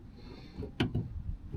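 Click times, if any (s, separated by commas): 0.8 s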